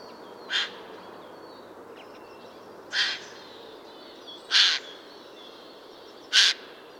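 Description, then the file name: Eurasian jay with four rasping screeches at irregular intervals, amid faint high bird whistles. "Garrulus glandarius"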